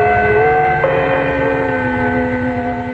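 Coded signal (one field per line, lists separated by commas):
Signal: numbers station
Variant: The Gongs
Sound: ringing gong or church bell tones, sustained and slightly wavering, one new strike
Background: low rumble, radio noise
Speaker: the gongs were the most Sinister of the number stations the gongs would literally send a shiver down your spine it started off with some sort of church gongs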